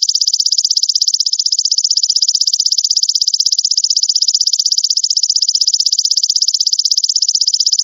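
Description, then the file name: Katydid calling with a steady, fast-pulsed high-pitched buzz that never pauses, evenly repeated pulses throughout; nothing else audible. "suara belalang daun"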